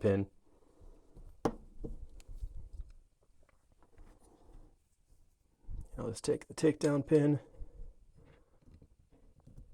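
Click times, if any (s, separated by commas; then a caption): none. The front takedown pin is being handled into a Radian AX556 rifle lower receiver, over its spring-loaded detent, which is held down with an Allen wrench. A sharp tap is heard around 1.5 s, followed by lighter ticks and handling noises, while someone talks. Nothing has seated or clicked home yet.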